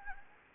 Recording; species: mosquito wingbeat signal from an infrared sensor; Anopheles gambiae